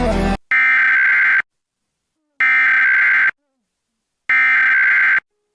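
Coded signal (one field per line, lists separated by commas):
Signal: Emergency Alert System (SAME) tones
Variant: header bursts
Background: speech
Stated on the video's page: National Periodic Test captured from a PBS Guam livestream.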